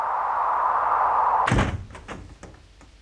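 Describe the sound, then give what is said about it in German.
A steady mid-pitched hiss runs for a moment, then an apartment door is shut with a heavy, deep thud, followed by a few lighter clicks and rattles as the latch settles, in the radio play Der Kochtopf by Karl-Heinz Bölling (1991). “Schließ die Tür, Kalla. Komm, schnell. Komm in die Wohnung.”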